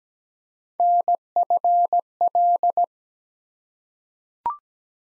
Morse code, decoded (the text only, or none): NFL